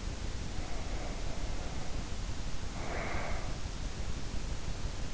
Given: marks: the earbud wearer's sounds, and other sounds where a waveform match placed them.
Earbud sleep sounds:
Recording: sounds in sleep by an in-ear microphone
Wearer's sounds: breath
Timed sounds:
0.20-3.86 s: breath

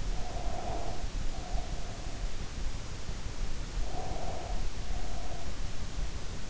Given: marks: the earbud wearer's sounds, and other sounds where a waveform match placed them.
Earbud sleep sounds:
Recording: sounds in sleep by an in-ear microphone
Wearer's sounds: breath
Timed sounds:
0.00-2.37 s: breath
3.80-5.69 s: breath

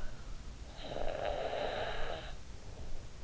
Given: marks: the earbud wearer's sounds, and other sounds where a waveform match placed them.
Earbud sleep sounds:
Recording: sounds in sleep by an in-ear microphone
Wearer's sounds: snoring breath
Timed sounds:
0.34-3.23 s: snoring breath

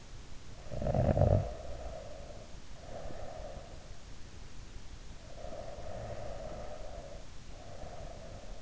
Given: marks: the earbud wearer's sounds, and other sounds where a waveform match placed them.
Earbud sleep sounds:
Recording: sounds in sleep by an in-ear microphone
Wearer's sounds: snoring breath, breath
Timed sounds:
0.25-3.64 s: snoring breath
5.15-8.62 s: breath

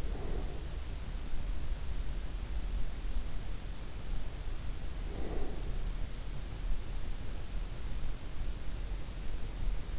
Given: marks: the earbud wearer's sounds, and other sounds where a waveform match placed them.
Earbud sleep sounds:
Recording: sounds in sleep by an in-ear microphone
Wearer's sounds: breath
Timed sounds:
0.00-0.77 s: breath
5.00-5.78 s: breath

